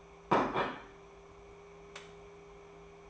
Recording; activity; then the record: daily activity, microphone in the room; place plate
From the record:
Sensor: 1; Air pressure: 1015.1 hPa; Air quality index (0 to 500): 201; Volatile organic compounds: 25 ppm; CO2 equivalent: 2838 ppm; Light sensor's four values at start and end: 17/40/17/19 and 17/41/17/20